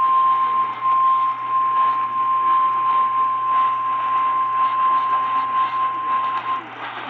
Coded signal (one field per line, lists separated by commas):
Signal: Emergency Alert System (SAME) tones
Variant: 1050 Hz attention tone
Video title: Shmovin' Storms | EAS #98-114 (3/24-25/2023)